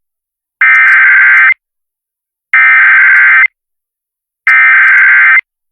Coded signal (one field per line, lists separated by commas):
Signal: Emergency Alert System (SAME) tones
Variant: header bursts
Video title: EAS 2x Civil Emergency Message Southeastern Minnesota (Dodge Center, Minnesota)